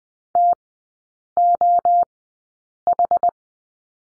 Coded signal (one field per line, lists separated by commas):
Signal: Morse code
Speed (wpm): 20 wpm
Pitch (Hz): 700 Hz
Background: none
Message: TOH